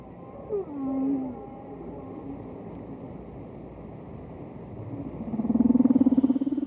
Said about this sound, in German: Was wir da im Hintergrund hören, sind Geräusche, die Wale machen.